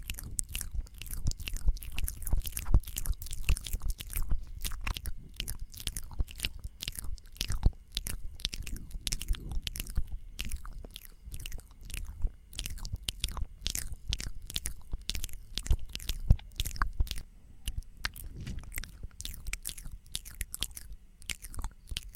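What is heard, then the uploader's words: Layered mouth sounds of chewing and biting, with dense, irregular crisp clicks and crunches over a low, soft rumble throughout. ASMR Layered Mouth Sounds.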